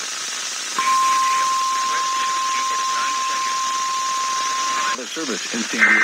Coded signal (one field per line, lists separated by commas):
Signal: Emergency Alert System (SAME) tones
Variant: 1050 Hz attention tone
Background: speech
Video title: Final Monthly and Weekly of May (EAS #18741-18769) 5/29/24